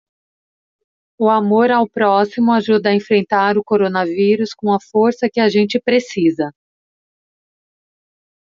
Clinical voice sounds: spoken sentence; Brazilian Portuguese; female; 40 to 49 years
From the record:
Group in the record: control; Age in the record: 43 years

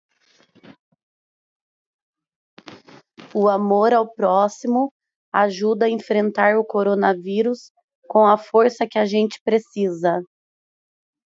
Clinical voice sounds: spoken sentence; Brazilian Portuguese; female; 30 to 39 years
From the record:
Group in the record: control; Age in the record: 32 years

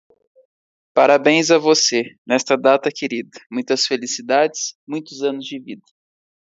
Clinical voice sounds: short text; Brazilian Portuguese; male; 20 to 29 years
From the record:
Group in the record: control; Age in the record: 24 years

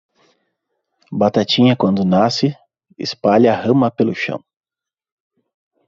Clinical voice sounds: short text; Brazilian Portuguese; male; 30 to 39 years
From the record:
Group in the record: control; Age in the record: 31 years

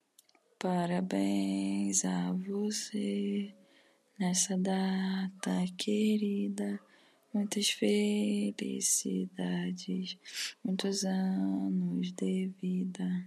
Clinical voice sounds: short text; Brazilian Portuguese; female; 20 to 29 years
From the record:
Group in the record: control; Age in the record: 26 years

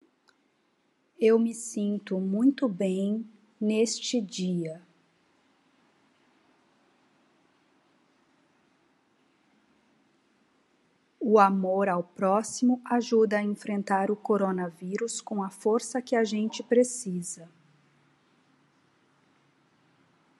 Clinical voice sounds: spoken sentence; Brazilian Portuguese; female; 40 to 49 years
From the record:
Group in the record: control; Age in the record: 49 years

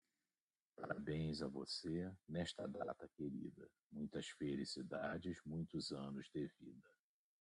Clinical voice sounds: short text; Brazilian Portuguese; male; 60 to 69 years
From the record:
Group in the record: control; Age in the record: 63 years

